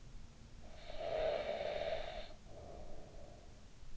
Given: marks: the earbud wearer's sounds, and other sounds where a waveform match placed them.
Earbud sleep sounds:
sounds in sleep by an in-ear microphone; snoring breath
0.49-3.97 s: snoring breath

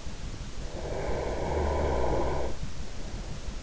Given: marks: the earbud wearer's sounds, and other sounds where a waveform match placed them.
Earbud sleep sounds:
sounds in sleep by an in-ear microphone; snoring breath
0.48-2.92 s: snoring breath

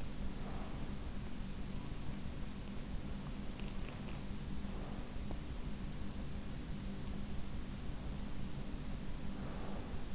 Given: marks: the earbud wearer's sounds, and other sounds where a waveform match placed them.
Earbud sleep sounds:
sounds in sleep by an in-ear microphone; breath
0.00-0.88 s: breath
9.20-10.14 s: breath

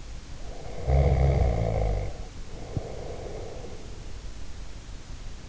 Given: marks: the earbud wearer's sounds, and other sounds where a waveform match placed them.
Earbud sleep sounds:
sounds in sleep by an in-ear microphone; snoring breath
0.39-4.20 s: snoring breath

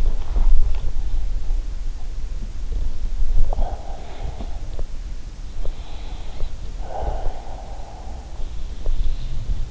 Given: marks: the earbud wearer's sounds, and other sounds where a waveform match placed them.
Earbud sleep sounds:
sounds in sleep by an in-ear microphone; body movement, breath, swallowing
0.00-1.23 s: body movement
3.48-5.12 s: breath
5.57-8.67 s: breath
8.76-9.08 s: swallowing

